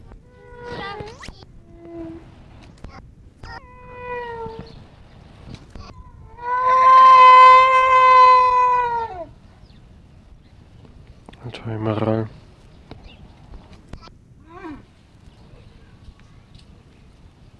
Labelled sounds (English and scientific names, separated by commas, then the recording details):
Wapiti (Cervus canadensis) call
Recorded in captivity
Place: Tierpark Berlin, Berlin, DE
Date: 1967-10-01
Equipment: Uher 4000 Report-S, Transistorverstärker II, Sennheiser MD 421
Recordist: Tembrock, Günter
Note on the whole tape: Altai-Maral. Rufe. Abstand: 10 m. Aufnahmezeit: 8.30-11.30 Uhr